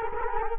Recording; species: mosquito wingbeat signal from an infrared sensor; Culex quinquefasciatus